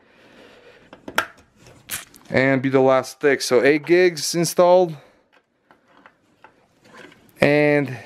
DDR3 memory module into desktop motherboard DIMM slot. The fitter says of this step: you install the memory you're going to hear two clicks when you stole the memory properly and